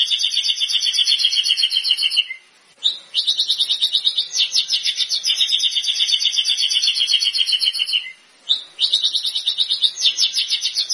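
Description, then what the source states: White-rumped shama song: extended high, rapid trills, broken by two short pauses. Lure sound of a white-rumped shama in full, active song (gacor), used to provoke an immediate response from other birds.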